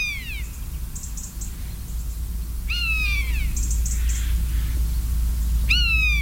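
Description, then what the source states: Common Buzzard calls, drawn-out descending mewing cries repeated about every three seconds, with faint high chirps and a steady low rumble. One or two buzzards heard during a walk in mainly forested habitat.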